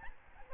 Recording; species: mosquito wingbeat signal from an infrared sensor; Aedes albopictus